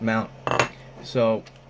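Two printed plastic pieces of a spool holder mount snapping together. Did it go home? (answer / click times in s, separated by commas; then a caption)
no / none. Two 3D-printed plastic pieces of a spool holder mount are handled as they are brought together to be pressed until they snap. Someone talks, and short bursts of plastic handling clatter are heard around 0.5–0.6 seconds and again near 1.1 seconds. Nothing has seated or clicked yet.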